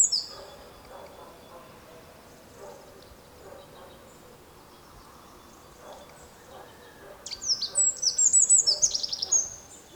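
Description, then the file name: Eurasian wren song: a rapid, high-pitched burst of trills and sharp notes begins near the seventh second and runs for almost three seconds, over quiet low background noise. "Troglodytes troglodytes"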